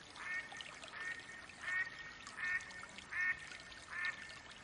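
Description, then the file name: Mallard giving a steady series of six harsh quacks, each short and nasal, spaced under a second apart, with faint hiss throughout. Female hen, quacking calls. "Mallard duck quacking call sounds Female Hen"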